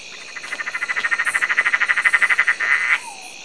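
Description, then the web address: Bird cackling in a fast, evenly pulsed chattering series that builds in loudness, then a longer harsher note ending in a short downward slur. "Zero-G Ambient 1 JUNGLE BIRDS CACKLE"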